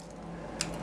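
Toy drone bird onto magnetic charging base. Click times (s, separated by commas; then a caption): 0.6 s. A Bionic Bird Furtive toy drone bird, with two magnets on its bottom, is set onto its switched-on egg-shaped charger. At 0.6 s the magnets line up and pull it into place with a short, sharp snap over a steady low background hum. The bird is seated, and the egg then shows it is charging.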